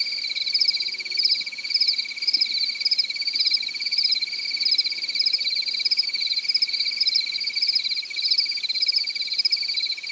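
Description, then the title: Cricket giving a steady high trill, pulsed, swelling in short bursts roughly twice a second without pause. "AnimalCricket"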